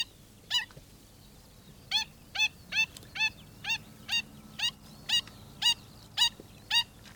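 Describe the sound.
Black stilt calls: one sharp yelp, a pause, then a steady run of clipped, high yapping notes roughly twice a second.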